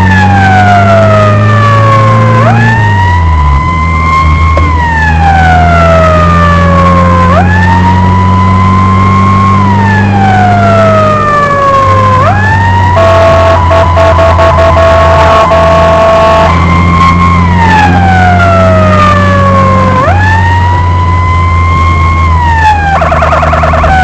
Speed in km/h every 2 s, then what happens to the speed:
52, 60, 60, 66, 72, 76, 69, 61, 63, 70, 66, 59.
4-10 speeds up to 76. 11-14 brakes to 61. 14-19 speeds up to 70. 19-24 slows to 59.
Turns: none.